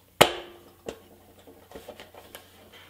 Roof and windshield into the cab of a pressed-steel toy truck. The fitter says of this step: and everything should just snap into place